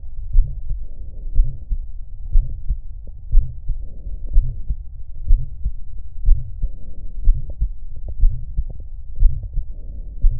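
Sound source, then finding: Heart by stethoscope. Heart sounds.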